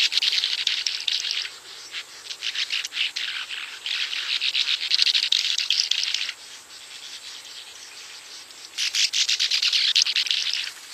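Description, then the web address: Bank swallow chatter: dense runs of dry, buzzy, grating twitters in long bursts, breaking off after about six seconds and resuming near nine. "Songs of Birds of North America Stokes. Bank Swallow"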